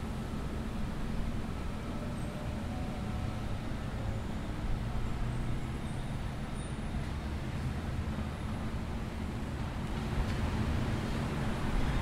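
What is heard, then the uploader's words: Bustling activity comes through as a steady, dense low rumble, much like passing traffic or idling vehicles, holding an even level for the full twelve seconds. A faint thin whine sits on top, with a brief high chirp around the middle. A walk through the familiar downtown campus of McGill University. The quiet and relaxing atmosphere of a sunny summer afternoon.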